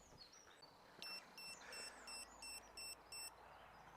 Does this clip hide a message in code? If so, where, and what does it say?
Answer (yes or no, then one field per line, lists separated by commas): no